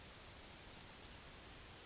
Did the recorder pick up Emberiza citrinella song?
no